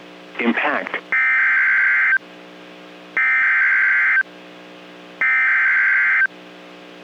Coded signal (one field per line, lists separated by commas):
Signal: Emergency Alert System (SAME) tones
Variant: header bursts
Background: speech